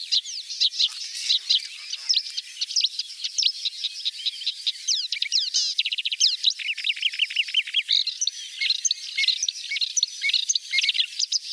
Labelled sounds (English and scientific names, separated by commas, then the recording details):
Marsh Warbler (Acrocephalus palustris) song
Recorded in the wild
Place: Balaton / Hubertuspark, HU
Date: 1990-06-01
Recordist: Schwarz, Dieter